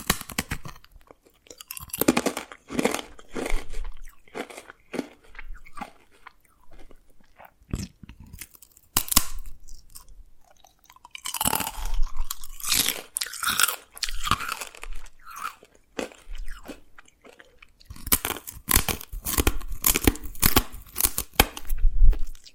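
Dalgona candy is tapped and cracked in irregular bursts of sharp, crisp crunches and clicks, with denser cracking around 12 and 19–22 seconds.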